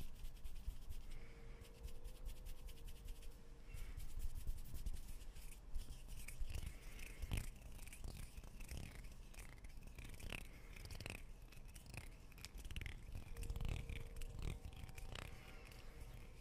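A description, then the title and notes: Hand sounds: rubbing and scraping broken by sharp taps and clicks, which grow busier from about six seconds on. A steady low rumble of far away trains runs underneath, with a faint held tone early in the clip and again near the end. Hand sounds // far away trains. Los Angeles at 1:45 in the morning, swift shuffling, skin.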